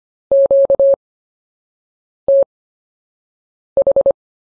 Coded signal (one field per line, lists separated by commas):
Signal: Morse code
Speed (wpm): 25 wpm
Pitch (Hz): 550 Hz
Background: none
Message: QTH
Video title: CW Anchor Words Module 1 Slow Speed Workout